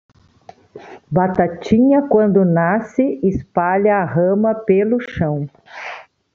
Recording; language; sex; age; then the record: short text; Brazilian Portuguese; female; 60 to 69 years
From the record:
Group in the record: control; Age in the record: 66 years